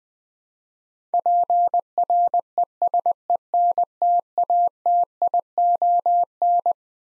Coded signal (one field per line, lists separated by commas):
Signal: Morse code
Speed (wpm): 20 wpm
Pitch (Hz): 700 Hz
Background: none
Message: PRESENTATION